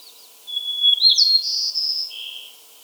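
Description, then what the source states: White-crowned sparrow singing a sustained whistle that breaks into brighter buzzy trills and drops to a final lower buzz, with a faint high note beforehand. Subspecies gambelii.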